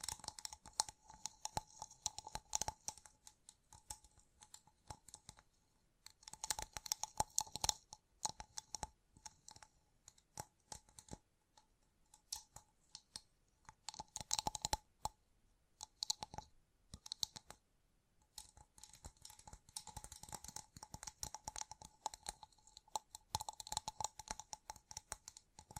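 Gem-covered fingertips tap and scratch in quick bursts of bright clicks and ticks, with brief pauses between clusters and a faint steady tone underneath.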